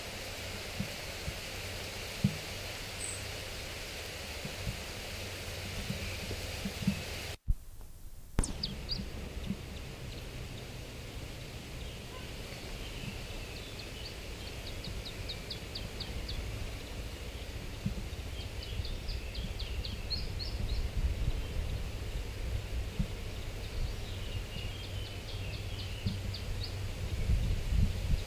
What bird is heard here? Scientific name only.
Phylloscopus ibericus